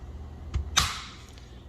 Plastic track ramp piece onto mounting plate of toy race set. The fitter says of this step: snapped right into place oh it's kind of steep maybe we want to start him flatter than that